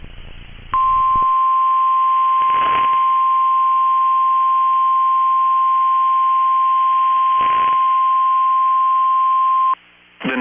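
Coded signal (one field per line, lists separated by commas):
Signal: Emergency Alert System (SAME) tones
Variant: 1050 Hz attention tone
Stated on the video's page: NOAA Weather Radio alerts for destructive storms in Minnesota.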